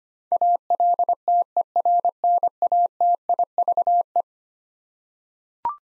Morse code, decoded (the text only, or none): ALTERNATIVE